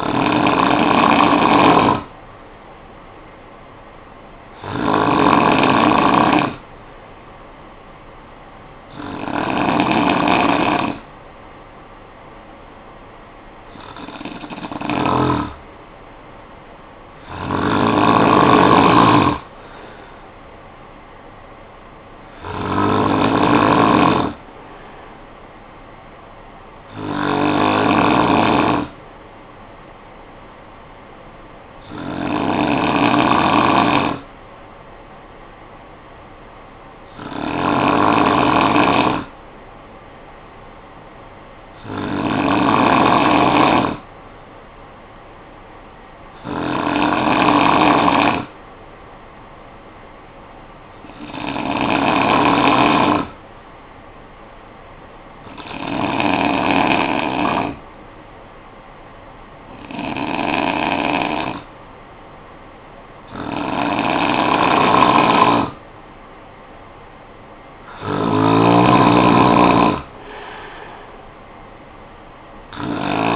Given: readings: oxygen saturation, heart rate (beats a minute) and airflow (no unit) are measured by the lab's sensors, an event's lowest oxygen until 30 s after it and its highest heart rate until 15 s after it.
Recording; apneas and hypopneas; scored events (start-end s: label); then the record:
breathing in sleep by a voice recorder at the bedside; 1
54.00-66.10 s: hypopnea (N2, oxygen 94% highest, then 90% lowest, heart rate 58 at the start, 63 highest)
From the record:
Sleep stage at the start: N2 (light sleep); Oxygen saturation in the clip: 92 to 95%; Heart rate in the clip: 52 to 63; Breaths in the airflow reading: 16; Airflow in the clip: -15.7 to 5.9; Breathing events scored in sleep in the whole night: 445 in 7.6 hours asleep